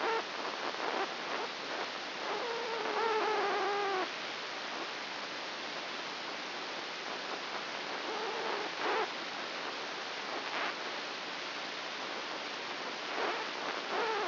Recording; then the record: brain microelectrode recording played as sound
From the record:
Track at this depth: inside the subthalamic nucleus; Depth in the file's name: 3.602 mm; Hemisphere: right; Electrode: 2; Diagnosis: Parkinson's disease